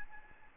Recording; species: mosquito wingbeat signal from an infrared sensor; Aedes albopictus